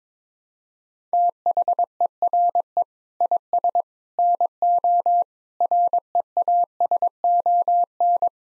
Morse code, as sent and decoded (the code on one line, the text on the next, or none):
- .... . .-. . / .. ... / -. --- / .-. . .- ... --- -.
THERE IS NO REASON